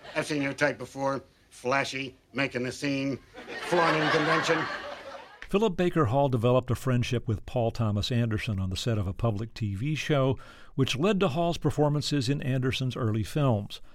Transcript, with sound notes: I've seen your type before - flashy, making a scene, flaunting convention.
(LAUGHTER)
Philip Baker Hall developed a friendship with Paul Thomas Anderson on the set of a public TV show, which led to Hall's performances in Anderson's early films.